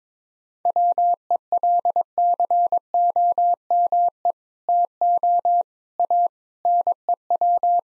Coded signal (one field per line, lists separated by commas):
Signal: Morse code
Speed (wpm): 22 wpm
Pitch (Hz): 700 Hz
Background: none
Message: WELCOME TO A NEW